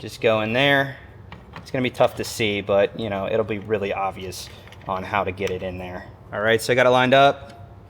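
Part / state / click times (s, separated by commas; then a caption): wiring plug into blind spot monitor light socket / not seated / none. A blind spot monitor wiring plug, tab side facing outward, is lined up with its light socket while someone talks throughout. The plug is handled but has not seated or clicked yet.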